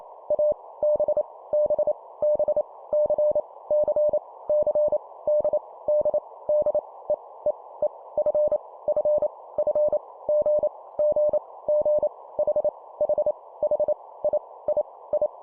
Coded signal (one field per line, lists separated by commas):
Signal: Morse code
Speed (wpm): 28 wpm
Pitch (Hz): 600 Hz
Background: none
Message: A B B B C C C D D D E E E F F F G G G H H H I I I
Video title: 25wpm Repeat three times Letter, morse code practice